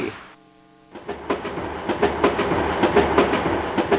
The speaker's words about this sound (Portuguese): Depois do carnaval, um novo trem está chegando a Salvador.